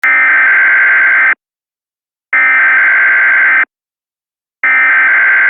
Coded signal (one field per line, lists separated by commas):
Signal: Emergency Alert System (SAME) tones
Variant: header bursts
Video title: Black Mesa - Radio & EAS Transmissions